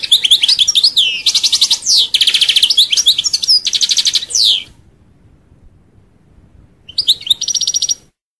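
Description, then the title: European goldfinch song: a rapid, tinkling twitter of high trills and buzzy notes for about five seconds, a pause, then a short final burst. "Chant Chardonneret"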